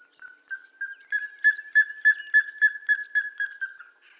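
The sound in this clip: Plumbeous ibis calling: a rhythmic run of loud, whistled notes at a steady pitch, swelling then fading, over a constant high tone.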